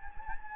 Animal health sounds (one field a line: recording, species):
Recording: mosquito wingbeat signal from an infrared sensor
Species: Anopheles gambiae